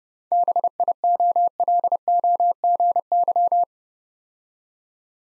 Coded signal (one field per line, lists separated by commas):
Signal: Morse code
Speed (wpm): 30 wpm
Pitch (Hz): 700 Hz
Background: none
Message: BIOLOGY